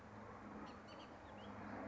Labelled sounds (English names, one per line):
Bullock's Oriole